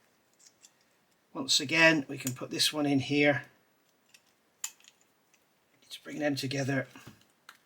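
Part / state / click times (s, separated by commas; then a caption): plastic insert pieces inside model tire / not seated / none. Plastic insert pieces are handled inside a tire for a 1:6 scale Ford Mustang GT500 model, ready to be pushed together so they clip in. Someone talks while faint plastic taps and small knocks are heard, the sharpest near 4.6 s. Nothing has clipped in or seated yet.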